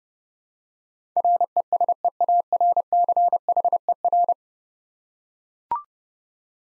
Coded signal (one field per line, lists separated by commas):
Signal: Morse code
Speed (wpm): 32 wpm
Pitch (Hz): 700 Hz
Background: none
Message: RESEARCHER